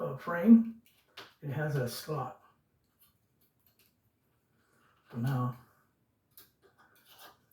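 Someone talks while a component of a Kohler/Sterling sliding tub and shower door is handled and fitted toward its slotted track or holder during installation. Only faint, brief handling ticks are heard between the speech, around 3.7, 6.4 and 7.5 seconds. Nothing has seated or clicked into place yet.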